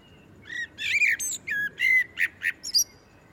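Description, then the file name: Common blackbird giving a quick run of warbled, fluty notes followed by a few high, thin squeaks. "Turdus merula"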